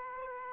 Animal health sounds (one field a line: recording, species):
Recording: mosquito wingbeat signal from an infrared sensor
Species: Aedes aegypti